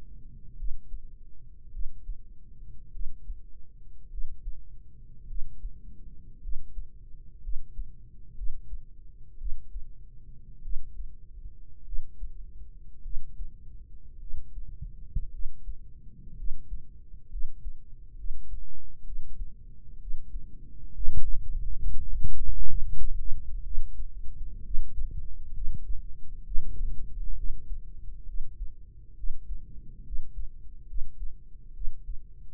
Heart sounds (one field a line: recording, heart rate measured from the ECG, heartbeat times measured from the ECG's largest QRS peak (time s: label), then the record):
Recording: heart sounds by microphone in the right ear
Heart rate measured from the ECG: 60 bpm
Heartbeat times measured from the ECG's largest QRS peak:
0.55 s: heartbeat
1.69 s: heartbeat
2.90 s: heartbeat
4.08 s: heartbeat
5.25 s: heartbeat
6.39 s: heartbeat
7.40 s: heartbeat
8.33 s: heartbeat
9.36 s: heartbeat
10.61 s: heartbeat
11.83 s: heartbeat
13.01 s: heartbeat
14.18 s: heartbeat
15.29 s: heartbeat
16.34 s: heartbeat
17.28 s: heartbeat
18.14 s: heartbeat
19.02 s: heartbeat
19.97 s: heartbeat
20.91 s: heartbeat
21.76 s: heartbeat
22.65 s: heartbeat
23.62 s: heartbeat
24.61 s: heartbeat
25.51 s: heartbeat
26.42 s: heartbeat
27.34 s: heartbeat
28.24 s: heartbeat
29.14 s: heartbeat
30.02 s: heartbeat
30.85 s: heartbeat
31.72 s: heartbeat
From the record:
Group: healthy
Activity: rest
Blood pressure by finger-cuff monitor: 110/69 mmHg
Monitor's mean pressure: 81 mmHg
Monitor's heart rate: 57 bpm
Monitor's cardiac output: 4.7 L/min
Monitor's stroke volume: 86 mL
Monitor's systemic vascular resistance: 1280 dyn s/cm5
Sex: female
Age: 23 years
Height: 160 cm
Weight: 50.4 kg